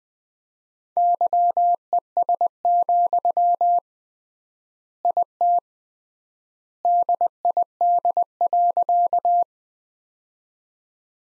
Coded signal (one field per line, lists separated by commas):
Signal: Morse code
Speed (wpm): 21 wpm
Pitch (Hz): 700 Hz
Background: none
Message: YES, IT DID.